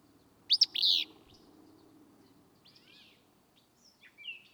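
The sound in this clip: Willow flycatcher giving one harsh, buzzy two-part phrase, then faint notes and a thin whistle.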